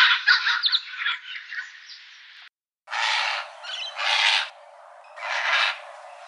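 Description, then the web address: Red wattlebird making rough, scratchy chatter followed by three broad, hoarse, wheezy bursts spaced about a second apart. Garden bird in Canberra, Australia. "canberra-garden-birds honeyeaters red-wattlebird"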